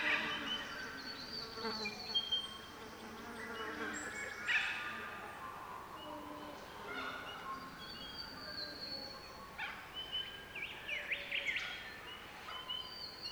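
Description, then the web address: Birds singing together in a chorus, with overlapping high whistles, short chirps and trills scattered throughout, and a faint steady background hiss. Birdsong chorus recorded in Central Victoria, Australia. "andrewskeoch. Central Victorian Birdsong Chorus"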